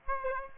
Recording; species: mosquito wingbeat signal from an infrared sensor; Aedes aegypti